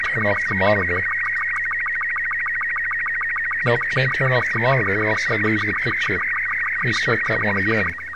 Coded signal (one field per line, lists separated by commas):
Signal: SSTV (slow-scan television)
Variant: Robot 36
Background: speech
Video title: 00 SSTV Intro Demo showing Image Transmission